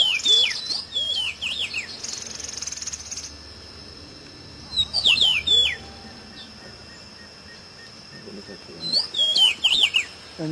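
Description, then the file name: Masked yellowthroat song in three separate bursts of fast, tumbling whistled notes, with a continuous high-pitched drone throughout. "Canto do pedro ceroulo"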